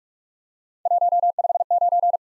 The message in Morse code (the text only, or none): 159